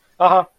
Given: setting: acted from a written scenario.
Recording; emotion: vocal sound without words; sympathy